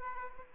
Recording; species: mosquito wingbeat signal from an infrared sensor; Anopheles arabiensis